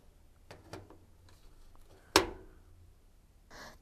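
A plastic door lock is slotted into a washing machine's front panel so that both small studs seat above and below. A few soft handling knocks are followed by one loud, sharp snap at 2.2 s as the lock seats in place. A brief rustle follows near the end.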